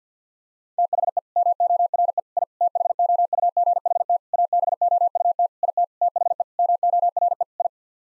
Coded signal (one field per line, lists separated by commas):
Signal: Morse code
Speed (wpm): 50 wpm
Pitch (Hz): 700 Hz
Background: none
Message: THE MORE I THOUGHT ABOUT IT THE MORE I